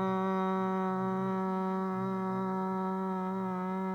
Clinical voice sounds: sustained vowel /a/; female; 60 to 69 years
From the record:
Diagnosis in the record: healthy control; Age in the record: 63 years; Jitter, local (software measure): 0.75%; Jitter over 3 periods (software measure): 0.47%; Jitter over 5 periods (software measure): 0.44%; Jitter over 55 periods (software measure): 0.54%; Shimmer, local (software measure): 4.8%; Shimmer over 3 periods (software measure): 2.7%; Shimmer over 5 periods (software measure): 3.2%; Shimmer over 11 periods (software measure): 3.5%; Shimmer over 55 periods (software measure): 4.3%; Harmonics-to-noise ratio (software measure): 12.1 dB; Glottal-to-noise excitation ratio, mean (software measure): 0.91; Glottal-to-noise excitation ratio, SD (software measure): 0.037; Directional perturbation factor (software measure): 85.0%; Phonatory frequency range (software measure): 0.07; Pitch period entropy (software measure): 0.42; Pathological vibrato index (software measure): 0.19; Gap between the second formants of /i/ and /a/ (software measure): 1494 Hz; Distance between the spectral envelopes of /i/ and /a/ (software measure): 10.5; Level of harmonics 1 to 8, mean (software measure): -1.5, -6.1, -13.6, -12.5, -8.6, -13.5, -12.2, -28.5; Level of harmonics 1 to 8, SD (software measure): 0.8, 1.8, 2.3, 2.9, 1.4, 4.3, 1.4, 7.3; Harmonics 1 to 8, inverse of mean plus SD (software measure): 0.435, 0.126, 0.063, 0.065, 0.100, 0.056, 0.073, 0.028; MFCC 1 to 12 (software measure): 1.3, -12.6, -2.0, 2.3, -11.0, -6.4, -15.6, -1.9, -9.6, -6.7, -4.0, -11.8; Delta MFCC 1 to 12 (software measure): -0.001, -0.004, 0.009, -0.010, -0.002, -0.011, 0.002, -0.024, 0.002, -0.019, -0.005, -0.014

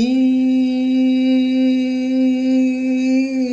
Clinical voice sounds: sustained vowel /i/; female; 60 to 69 years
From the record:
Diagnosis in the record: healthy control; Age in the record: 67 years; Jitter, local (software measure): 0.30%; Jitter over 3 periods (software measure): 0.18%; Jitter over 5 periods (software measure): 0.20%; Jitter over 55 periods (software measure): 0.37%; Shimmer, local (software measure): 2.9%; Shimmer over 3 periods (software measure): 1.5%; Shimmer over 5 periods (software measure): 1.6%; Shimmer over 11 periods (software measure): 2.2%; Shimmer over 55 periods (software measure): 6.9%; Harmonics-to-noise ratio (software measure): 24.7 dB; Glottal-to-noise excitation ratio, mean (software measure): 0.91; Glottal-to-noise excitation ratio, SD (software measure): 0.024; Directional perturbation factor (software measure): 61.1%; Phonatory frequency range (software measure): 0.27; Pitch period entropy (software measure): 0.93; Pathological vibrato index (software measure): 0.20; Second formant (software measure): 2526 Hz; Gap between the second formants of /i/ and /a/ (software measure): 934 Hz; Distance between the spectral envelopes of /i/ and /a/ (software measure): 12.6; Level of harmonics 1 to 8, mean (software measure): -3.6, -19.0, -33.8, -57.2, -66.5, -51.6, -46.9, -47.3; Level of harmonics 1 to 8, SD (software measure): 2.4, 3.1, 3.1, 6.2, 6.2, 6.9, 5.7, 6.2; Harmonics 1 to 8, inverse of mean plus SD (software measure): 0.168, 0.045, 0.027, 0.016, 0.014, 0.017, 0.019, 0.019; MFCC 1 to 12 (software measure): -3.0, 11.1, -9.3, -25.8, -1.2, -15.6, -11.6, -17.1, -15.2, 2.5, -10.1, 9.4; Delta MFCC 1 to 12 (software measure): 0.005, -0.029, 0.006, -0.038, 0.023, -0.005, 0.012, 0.008, -0.015, 0.014, 0.011, 0.001

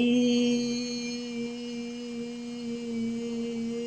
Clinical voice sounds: sustained vowel /i/; female; 50 to 59 years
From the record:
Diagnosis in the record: amyotrophic lateral sclerosis, spinal onset 14 months earlier, bulbar signs present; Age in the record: 52 years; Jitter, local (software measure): 0.56%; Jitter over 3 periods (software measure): 0.36%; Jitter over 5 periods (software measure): 0.33%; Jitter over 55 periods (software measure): 0.55%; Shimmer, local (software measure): 5.7%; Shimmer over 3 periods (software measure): 3.2%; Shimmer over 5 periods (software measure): 3.6%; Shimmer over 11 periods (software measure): 4.2%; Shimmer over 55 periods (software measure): 7.2%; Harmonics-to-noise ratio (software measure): 16.9 dB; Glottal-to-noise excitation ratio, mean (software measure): 0.87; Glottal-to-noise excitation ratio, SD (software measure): 0.032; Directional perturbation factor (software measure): 70.8%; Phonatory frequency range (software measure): 0.17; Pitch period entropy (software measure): 2.05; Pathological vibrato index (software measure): 0.65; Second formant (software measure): 2793 Hz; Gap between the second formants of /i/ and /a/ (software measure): 1458 Hz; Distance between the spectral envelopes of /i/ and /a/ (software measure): 11.6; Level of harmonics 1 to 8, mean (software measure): -11.0, -17.4, -39.4, -48.9, -49.7, -56.5, -56.8, -50.1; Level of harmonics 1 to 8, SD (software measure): 4.5, 4.6, 4.7, 6.0, 5.2, 5.9, 5.8, 5.6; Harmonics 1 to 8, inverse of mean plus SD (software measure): 0.065, 0.046, 0.023, 0.018, 0.018, 0.016, 0.016, 0.018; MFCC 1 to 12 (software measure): -5.3, 9.4, -7.7, -14.7, -5.8, -17.9, -2.1, -5.8, -4.8, -9.2, -5.7, -7.5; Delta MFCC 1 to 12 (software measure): 0.001, -0.020, 0.033, 0.000, -0.016, 0.010, 0.000, 0.042, -0.003, 0.002, 0.011, -0.031

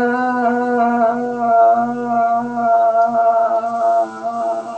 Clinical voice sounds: sustained vowel /a/; female; 60 to 69 years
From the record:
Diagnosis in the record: amyotrophic lateral sclerosis, spinal onset 10 months earlier, bulbar signs present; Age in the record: 64 years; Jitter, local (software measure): 0.80%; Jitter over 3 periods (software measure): 0.47%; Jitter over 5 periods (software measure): 0.52%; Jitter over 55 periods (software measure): 1.66%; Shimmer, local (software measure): 7.8%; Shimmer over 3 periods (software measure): 3.6%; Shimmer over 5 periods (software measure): 4.4%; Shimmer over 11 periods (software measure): 8.0%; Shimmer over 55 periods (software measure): 18.0%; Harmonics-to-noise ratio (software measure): 13.0 dB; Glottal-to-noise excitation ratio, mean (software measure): 0.87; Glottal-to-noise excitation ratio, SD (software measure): 0.035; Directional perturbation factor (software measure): 71.9%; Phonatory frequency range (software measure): 1.20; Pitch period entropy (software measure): 1.42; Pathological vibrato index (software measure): 0.60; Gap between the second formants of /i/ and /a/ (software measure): 483 Hz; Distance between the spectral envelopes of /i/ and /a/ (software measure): 5.9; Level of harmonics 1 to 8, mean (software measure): -26.2, -24.0, -15.0, -26.9, -31.3, -23.8, -46.6, -54.9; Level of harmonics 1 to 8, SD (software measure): 15.4, 8.2, 12.3, 7.2, 8.7, 7.6, 8.8, 11.5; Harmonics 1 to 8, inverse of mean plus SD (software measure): 0.024, 0.031, 0.037, 0.029, 0.025, 0.032, 0.018, 0.015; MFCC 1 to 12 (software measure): 0.7, -16.6, -13.5, 0.4, -5.1, -4.6, 2.7, -13.9, -17.2, 2.4, 3.4, -0.8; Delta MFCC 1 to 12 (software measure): -0.010, 0.006, -0.019, 0.033, 0.022, -0.008, -0.014, 0.010, 0.019, 0.004, 0.023, 0.008

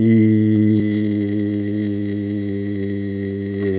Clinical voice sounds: sustained vowel /i/; male; 50 to 59 years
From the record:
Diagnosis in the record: amyotrophic lateral sclerosis, spinal onset 5 months earlier, bulbar signs present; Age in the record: 58 years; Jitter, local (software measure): 0.66%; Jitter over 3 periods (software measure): 0.28%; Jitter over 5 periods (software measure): 0.43%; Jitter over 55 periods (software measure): 1.04%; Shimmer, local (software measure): 3.6%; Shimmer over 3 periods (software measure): 1.7%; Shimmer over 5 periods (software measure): 2.3%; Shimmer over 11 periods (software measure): 4.1%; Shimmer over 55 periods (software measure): 8.0%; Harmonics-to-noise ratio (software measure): 14.4 dB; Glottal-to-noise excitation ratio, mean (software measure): 0.89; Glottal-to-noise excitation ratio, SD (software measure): 0.038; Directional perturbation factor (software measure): 49.6%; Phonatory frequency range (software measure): 0.28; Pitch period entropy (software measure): 1.67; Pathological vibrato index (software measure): 0.91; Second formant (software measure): 1964 Hz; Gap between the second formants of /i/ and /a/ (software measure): 759 Hz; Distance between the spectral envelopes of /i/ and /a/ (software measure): 8.4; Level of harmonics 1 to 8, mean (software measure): -14.3, -11.1, -11.7, -18.6, -29.9, -41.9, -49.3, -57.0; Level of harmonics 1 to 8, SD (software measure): 3.7, 4.2, 3.9, 2.9, 2.2, 3.3, 4.5, 6.4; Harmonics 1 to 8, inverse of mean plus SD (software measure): 0.056, 0.065, 0.064, 0.046, 0.031, 0.022, 0.019, 0.016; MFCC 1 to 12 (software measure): 1.8, 15.3, 4.2, -14.9, -13.3, 2.9, -12.0, 4.9, 4.0, -9.8, 7.0, -1.4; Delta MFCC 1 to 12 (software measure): -0.004, -0.023, 0.005, -0.005, 0.001, 0.008, 0.017, 0.016, -0.006, 0.057, -0.002, -0.008

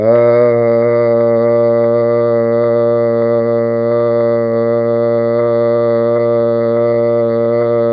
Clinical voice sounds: sustained vowel /a/; male; 50 to 59 years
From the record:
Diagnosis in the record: amyotrophic lateral sclerosis, spinal onset 7 months earlier, no bulbar signs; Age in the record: 51 years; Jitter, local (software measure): 0.34%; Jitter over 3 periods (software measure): 0.18%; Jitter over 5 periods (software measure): 0.20%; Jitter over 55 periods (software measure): 0.51%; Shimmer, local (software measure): 2.0%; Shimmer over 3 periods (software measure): 0.8%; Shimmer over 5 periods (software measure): 1.2%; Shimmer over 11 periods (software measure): 2.1%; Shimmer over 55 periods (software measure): 4.0%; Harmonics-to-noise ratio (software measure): 15.8 dB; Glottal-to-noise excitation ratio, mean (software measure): 0.91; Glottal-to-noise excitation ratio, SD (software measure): 0.030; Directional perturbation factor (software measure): 70.4%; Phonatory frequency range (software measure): 0.18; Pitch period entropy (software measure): 0.63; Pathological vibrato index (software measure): 0.26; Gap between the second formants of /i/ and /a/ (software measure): 1005 Hz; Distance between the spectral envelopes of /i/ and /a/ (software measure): 9.8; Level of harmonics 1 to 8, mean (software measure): -17.7, -15.1, -13.8, -8.4, -5.5, -26.9, -30.0, -31.3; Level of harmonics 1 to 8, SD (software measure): 0.8, 1.3, 1.0, 1.1, 1.6, 2.5, 2.7, 2.3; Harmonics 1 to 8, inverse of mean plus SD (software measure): 0.054, 0.061, 0.068, 0.105, 0.142, 0.034, 0.031, 0.030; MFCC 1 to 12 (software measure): 6.5, -10.5, -5.6, -8.0, -15.4, 9.7, -4.9, 16.6, -11.3, -13.1, 3.4, -0.4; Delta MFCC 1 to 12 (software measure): -0.001, -0.005, -0.003, 0.018, -0.022, 0.001, 0.000, 0.000, 0.009, -0.012, -0.001, 0.002

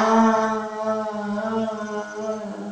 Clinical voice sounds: sustained vowel /a/; female; 60 to 69 years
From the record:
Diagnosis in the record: healthy control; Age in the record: 68 years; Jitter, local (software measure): 1.34%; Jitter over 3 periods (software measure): 0.82%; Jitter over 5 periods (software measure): 0.73%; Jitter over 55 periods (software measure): 0.98%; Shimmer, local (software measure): 11.2%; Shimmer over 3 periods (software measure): 5.3%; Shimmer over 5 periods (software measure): 7.0%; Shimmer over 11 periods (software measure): 11.7%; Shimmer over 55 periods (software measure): 18.3%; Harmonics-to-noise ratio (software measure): 7.2 dB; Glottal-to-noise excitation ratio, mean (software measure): 0.86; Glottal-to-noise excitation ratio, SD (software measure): 0.035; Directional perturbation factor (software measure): 81.1%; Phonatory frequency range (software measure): 0.19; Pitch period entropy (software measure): 1.38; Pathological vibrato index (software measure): 0.31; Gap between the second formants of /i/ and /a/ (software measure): 2284 Hz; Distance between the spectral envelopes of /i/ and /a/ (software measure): 10.7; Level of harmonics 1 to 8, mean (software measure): -17.3, -21.5, -18.9, -24.2, -28.0, -30.4, -32.7, -42.8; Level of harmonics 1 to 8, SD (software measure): 7.9, 8.2, 7.9, 9.8, 9.6, 11.0, 8.7, 10.5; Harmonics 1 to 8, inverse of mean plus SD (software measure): 0.040, 0.034, 0.037, 0.029, 0.027, 0.024, 0.024, 0.019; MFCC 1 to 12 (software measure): -3.7, -10.8, -10.0, 0.3, -9.3, -3.5, -4.9, -11.7, -10.0, -6.7, -5.3, -7.6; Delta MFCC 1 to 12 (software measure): 0.025, 0.051, 0.008, -0.007, -0.014, 0.006, 0.032, -0.028, 0.001, 0.026, -0.021, -0.024

